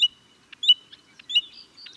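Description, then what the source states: American Golden-Plover calling: clear whistled notes given in a steady series, with short soft clicking notes between them. Male on Arctic tundra in June, proclaiming nesting territory in an aerial butterfly flight display with slow exaggerated wing beats, calling throughout.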